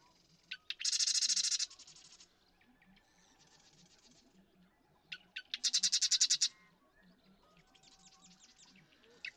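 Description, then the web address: Marsh Wren song, a sharp click or two followed by a harsh, rapid rattle, given twice a few seconds apart, with softer buzzy trills behind. "birdsongforthecurious Marsh Wren"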